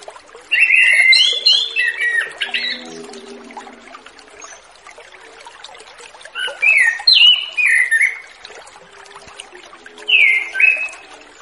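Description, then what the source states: Orange-headed thrush song: rich, varied warbled phrases in bursts around mid-high pitch, separated by pauses of several seconds, with faint background hiss. Relaxed, free-flowing (ngeplong) song used as a lure to train young orange-headed thrushes just out of speckled juvenile plumage.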